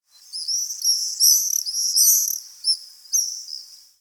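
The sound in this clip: Swallows giving thin, high screeching calls in overlapping bursts, some rising and falling, with short pauses between, over a quiet background.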